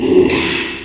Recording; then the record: squeal of a Yucatan mini pig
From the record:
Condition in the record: after surgery on the right vocal fold (resection and tissue-engineered implant); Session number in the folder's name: 1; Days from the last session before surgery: 6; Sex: male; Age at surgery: 12 weeks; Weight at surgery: 13 kg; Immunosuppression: cyclosporine, prednisolone